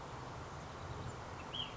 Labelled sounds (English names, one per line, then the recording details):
Ash-throated Flycatcher
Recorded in Sonoma County, California